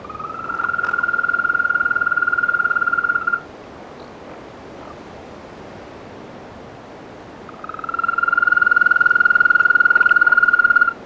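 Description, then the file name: African green toad trilling, a long even musical trill near mid pitch lasting over three seconds, a pause, then a second trill starting about seven and a half seconds in. "Bufotes boulengeri"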